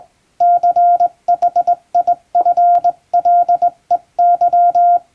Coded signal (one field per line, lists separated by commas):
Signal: Morse code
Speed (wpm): 21 wpm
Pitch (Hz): 700 Hz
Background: none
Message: CHIFLEY